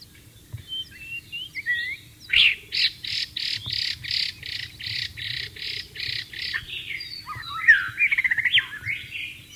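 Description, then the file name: White-rumped shama song: varied whistles and scratchy notes, then a fast run of many repeated buzzy notes, ending in rich warbled phrases. Wild bird, in the wild. "suara burung murai batu di alam liar"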